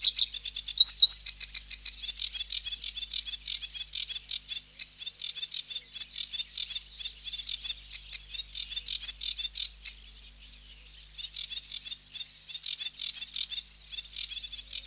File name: Sedge Warbler (Acrocephalus schoenobaenus)